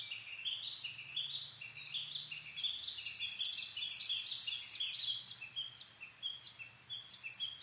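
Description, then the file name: Coal tit giving a rapid series of high, thin repeated notes that grow louder midway, then softer scattered notes. Recorded in Japan on 22 May 2010 at 17:41. "higara-20100522-1741"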